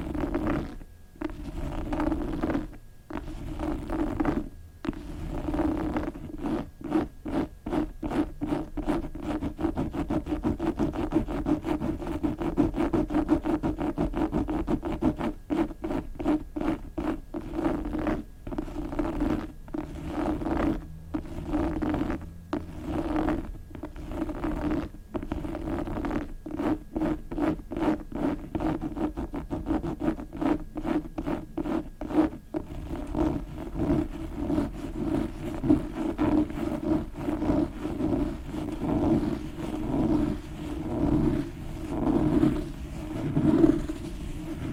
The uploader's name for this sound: ASMR book scratching